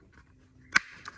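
A bolt is slid into one of the small plastic retaining brackets, in good condition, on the back of an Aggressor 2.5 bumper pod being fitted to an XR6 bumper. After quiet faint rustling, it snaps in with one sharp, loud click at 0.8 s, followed by a softer tick at about 1.1 s. The bolt is seated in the plastic tab.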